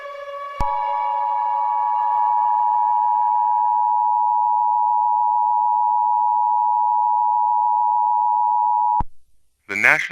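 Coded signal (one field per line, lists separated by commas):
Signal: Emergency Alert System (SAME) tones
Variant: 853 and 960 Hz attention tone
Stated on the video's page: Fictional tornado EAS scenario.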